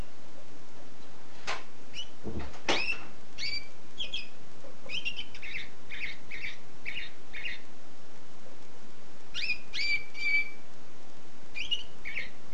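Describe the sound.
Canary song in bursts of sharp chirps separated by short silences, with a few clicks early on.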